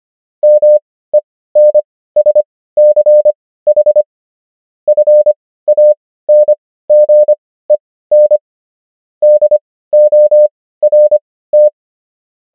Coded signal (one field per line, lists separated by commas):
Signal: Morse code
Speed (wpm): 25 wpm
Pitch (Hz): 600 Hz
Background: none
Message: MENSCH FANGEN DORT